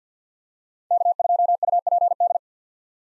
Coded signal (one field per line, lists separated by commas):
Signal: Morse code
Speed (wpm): 50 wpm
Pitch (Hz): 700 Hz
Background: none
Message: K2UPD